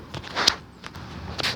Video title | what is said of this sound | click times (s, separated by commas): PORSCHE CAYENNE 2014 BATTERY REPLACEMENT | just push them in and you'll hear it click | 0.5 s